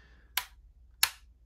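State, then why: Seated. A plastic boarding ramp on a Star Wars Micro Galaxy Squadron Imperial Shuttle toy's hull is pulled down into its lowered position, where it doubles as part of the landing gear. Two sharp, bright clicks are heard at 0.4 s and 1.0 s, each decaying quickly over a low steady hum. The ramp seats and locks in its lowered, landed position.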